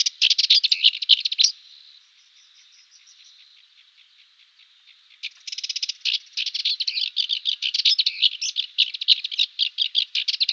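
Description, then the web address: Cyprus warbler song, rapid scratchy chattering phrases with a softer ticking section in the middle, then a longer burst of harsh rattling notes. "Schulze Peter Cyprus Warbler song"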